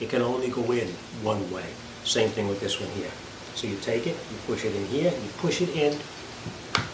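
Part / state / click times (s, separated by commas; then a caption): jumper cable plug into portable jump starter socket / seated / 6.8 s. Someone talks while the keyed jumper-cable clamp plug, which fits only one way, is pushed into the socket of a Lokithor J401 portable jump starter. A sharp snap at 6.8 s marks the plug seating in place.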